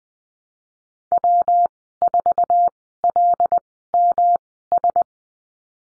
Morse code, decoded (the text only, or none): W4LMS